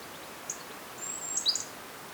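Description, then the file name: Great tit calls: a single high tick, then a short series of thin, very high whistled notes, the last dropping lower, over quiet background hiss. "Parus major"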